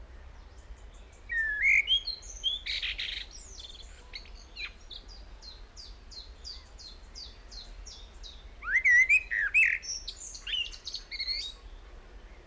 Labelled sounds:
Common Blackbird (Turdus merula)

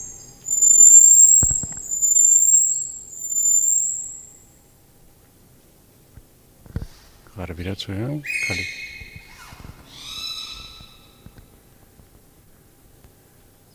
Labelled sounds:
Common Marmoset (Callithrix jacchus) call

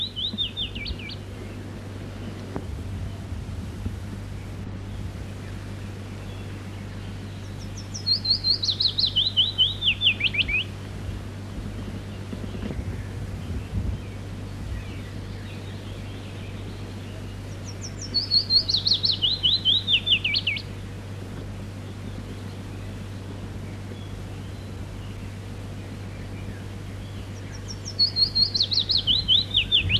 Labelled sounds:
Willow Warbler (Phylloscopus trochilus) song

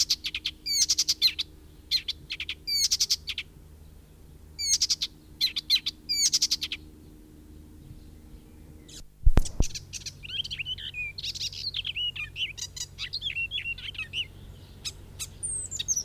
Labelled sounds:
Icterine Warbler (Hippolais icterina) song

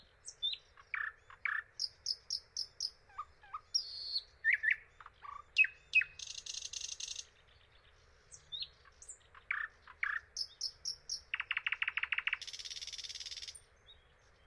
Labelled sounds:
Thrush Nightingale (Luscinia luscinia) song

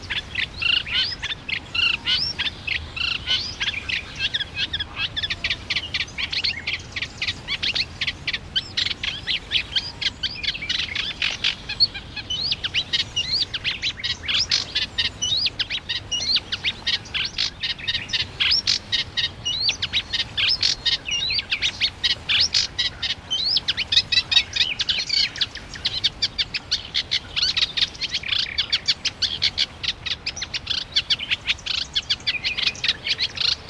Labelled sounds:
Eurasian Reed Warbler (Acrocephalus scirpaceus) song

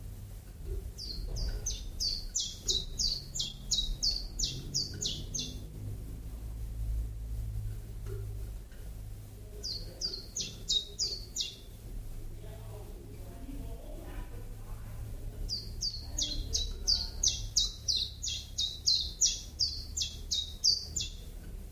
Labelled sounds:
Common Chiffchaff (Phylloscopus collybita) song

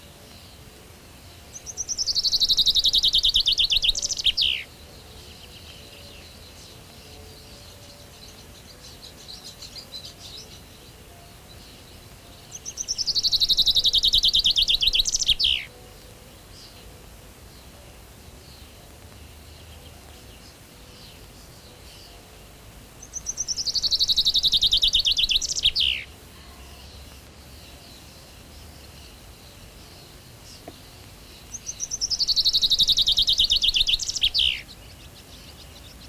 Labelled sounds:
Common Chaffinch (Fringilla coelebs) song

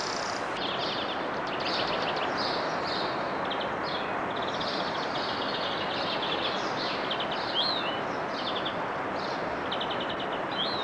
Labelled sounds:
European Greenfinch (Chloris chloris) song

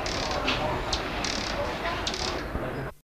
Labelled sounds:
Sparkling Violetear (Colibri coruscans) call

